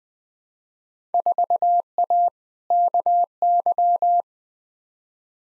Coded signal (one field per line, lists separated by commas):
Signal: Morse code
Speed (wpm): 20 wpm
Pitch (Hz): 700 Hz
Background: none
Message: 4A KY